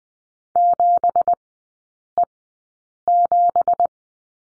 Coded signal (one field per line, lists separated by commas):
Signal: Morse code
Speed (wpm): 20 wpm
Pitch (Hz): 700 Hz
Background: none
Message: 7E7